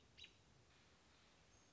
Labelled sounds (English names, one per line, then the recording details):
American Robin
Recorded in Sonoma County, California